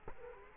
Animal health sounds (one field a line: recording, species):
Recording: mosquito wingbeat signal from an infrared sensor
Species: Culex quinquefasciatus